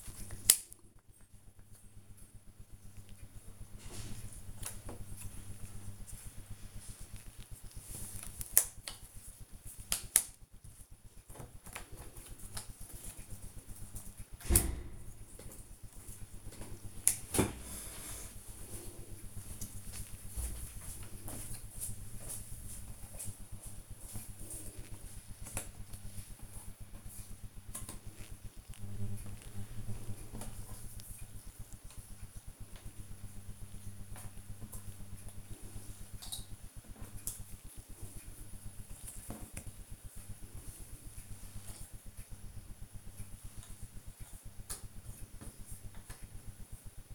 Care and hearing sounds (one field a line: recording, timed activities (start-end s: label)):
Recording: household activities, microphone on the right wrist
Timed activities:
0.00-14.59 s: doing a puzzle
15.59-47.15 s: doing a puzzle